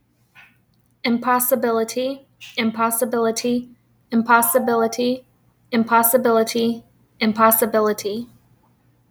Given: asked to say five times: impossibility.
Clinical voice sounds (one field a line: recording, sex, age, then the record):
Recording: repeated word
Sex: female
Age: 30 to 39 years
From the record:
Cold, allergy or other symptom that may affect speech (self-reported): no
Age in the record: 36 years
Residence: South Carolina, United States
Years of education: 16